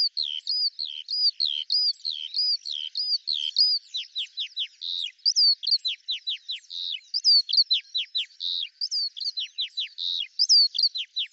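Eurasian skylark delivering a fast, continuous high song of slurred whistles and rapid strings of falling chirps, varied and without any pause.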